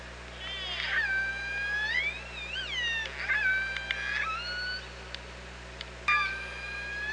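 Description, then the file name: Orca calls, long harmonic calls that bend and waver, with clicks and short pulses scattered through and a sudden sharp call near the end. Recorded by OrcaLab on 24 August 2017 at about 07:50. "Orca Lab UTLN JASON 20170824 075013"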